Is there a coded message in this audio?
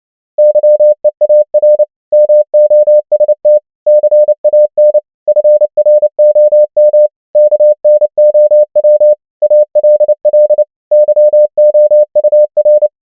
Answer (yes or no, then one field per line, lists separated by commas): yes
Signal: Morse code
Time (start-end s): 0.4-12.9 s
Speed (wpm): 29 wpm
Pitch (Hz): 600 Hz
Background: none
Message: YEAR MOST CAN FROM KNOW ALL YOUR